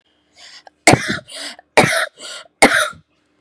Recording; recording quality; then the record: heavy voluntary cough; excellent, no background noise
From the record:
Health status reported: COVID-19 positive, mild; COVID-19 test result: positive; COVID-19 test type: RT-PCR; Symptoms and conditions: fatigue, muscle pain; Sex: female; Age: 28 years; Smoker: no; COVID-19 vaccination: both doses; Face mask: not worn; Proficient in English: yes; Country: India